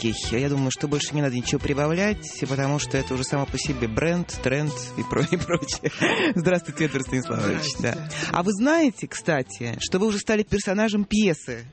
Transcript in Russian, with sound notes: Я думаю, что больше не надо ничего прибавлять, потому что это уже само по себе бренд, тренд и прочее. (смеется) Здравствуйте, Эдвард Станиславович!
Здравствуйте!
А Вы знаете, кстати, что Вы уже стали персонажем пьесы?